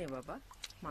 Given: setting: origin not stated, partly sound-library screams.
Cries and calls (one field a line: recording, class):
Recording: one-second piece from a danger detection set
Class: normal situation